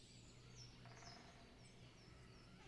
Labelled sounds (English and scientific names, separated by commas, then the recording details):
Great Spotted Woodpecker (Dendrocopos major)
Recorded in Germany
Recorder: ecoPi